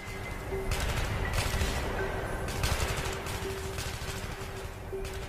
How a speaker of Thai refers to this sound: เสียงปืน AK-47 ยิงลงมาจากบนเขาพวกทหารต่างพากันก้มหัวหลบแต่เมื่อตรวจดูอีกทีกระสุนปืนไม่ได้ยิงลงมาหาพวกเขาเลยแม้แต่น้อยแต่กลับยิงลงไปในถนนที่ว่างเปล่า